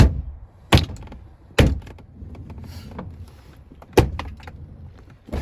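Plastic retaining clips on the sliding door trim panel of a 2007 Toyota Estima are pushed by hand into the holes in the door frame during a repair of the sliding door, which won't open automatically but opens by hand. Loud thunks are heard at 0.7, 1.6 and 4.2 seconds as each clip seats, with quieter knocks and handling noise between them. The trim panel clips are pushed home and seated.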